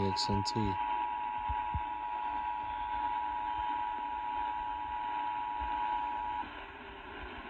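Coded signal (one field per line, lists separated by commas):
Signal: Emergency Alert System (SAME) tones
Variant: 853 and 960 Hz attention tone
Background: speech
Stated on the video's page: Required monthly and weekly test EAS tones, received on an HDR14 receiver with the station on HD.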